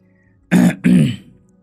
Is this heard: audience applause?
no